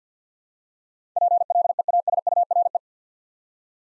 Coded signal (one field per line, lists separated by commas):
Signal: Morse code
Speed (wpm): 50 wpm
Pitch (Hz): 700 Hz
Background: none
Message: PLEASURE